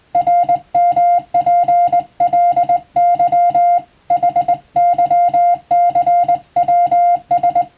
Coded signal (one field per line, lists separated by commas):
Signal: Morse code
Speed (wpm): 20 wpm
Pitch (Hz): 700 Hz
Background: music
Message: RMPLY HYCWS